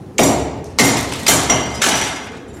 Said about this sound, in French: Mais je n'y arrive pas, il est scellé. Là. Mais voyons, prenez ce gros marteau, cassez-le. Dépêchez-vous.